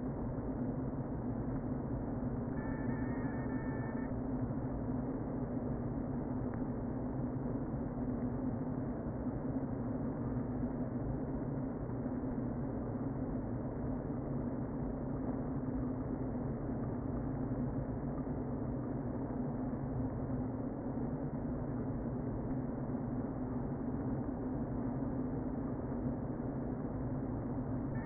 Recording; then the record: honeybee colony, microphone inside the hive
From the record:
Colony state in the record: queen present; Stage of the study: before two queens were removed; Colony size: about 60,000 bees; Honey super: yes